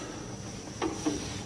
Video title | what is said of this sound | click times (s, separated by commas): Casserole Holder Steps 1 - 3 | you line it up you want to hear a click | 0.8 s